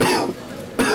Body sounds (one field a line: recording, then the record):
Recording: coughing mixed with background sound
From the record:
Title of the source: Coughing 77